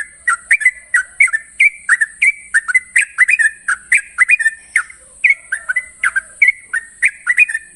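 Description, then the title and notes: Yellow-vented Bulbul song of fluty, slurred chirps repeated in a lively, near-continuous stream, accompanied by steady background hiss. Long-trill song style (ropel panjang), prepared as a master recording for training song birds. "Masteran Trucukan Ropel Panjang. Kicau Burung Trucukan"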